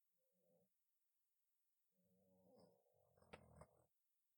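A puppy snoring in the background.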